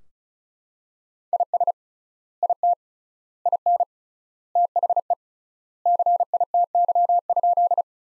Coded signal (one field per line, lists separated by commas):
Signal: Morse code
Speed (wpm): 36 wpm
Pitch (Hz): 700 Hz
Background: none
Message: IS IT IN THE CITY?